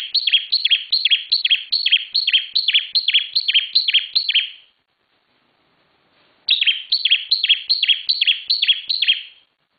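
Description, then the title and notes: Bar-winged prinia song: a fast run of sharp, repeated chirping notes, about two and a half per second, pausing briefly before resuming. Song for training cage birds, from a collection of various birds' songs; local name ciblek semi. "Suara Ciblek Semi. Kumpulan Kicauan Bermacam macam Burung Masteran"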